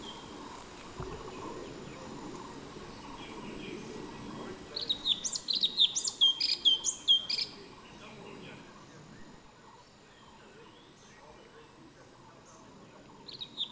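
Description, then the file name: Orange-bellied leafbird song: a brief burst of rapid, high, twittering notes midway, amid a steady low background hum. "suara burung cucak cungkok orange bellied leafbird"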